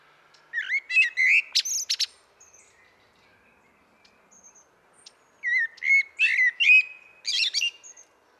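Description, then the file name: Common blackbird song: a warbled phrase with a screechy high finish, a quiet gap, then another fluty phrase closing in shrill twittering. "Turdus merula"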